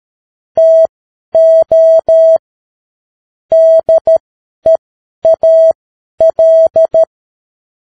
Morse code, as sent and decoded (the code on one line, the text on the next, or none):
- --- / -.. . .- .-..
TO DEAL